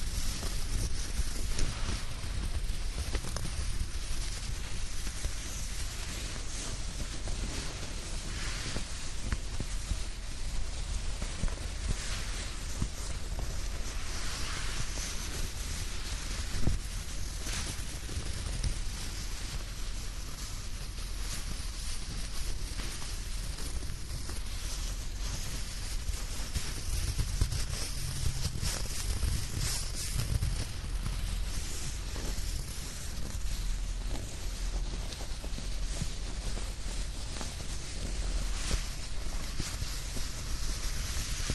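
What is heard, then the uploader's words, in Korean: A dry blanket rustles and swishes without pause, a dense, crisp scratching that runs the whole time at a fairly even level. Short sharper swipes stand out now and then, and a soft low rumble swells briefly around the half-minute mark. 스르륵 이불 소리. 잘 말린 이불 속에서 사각사각.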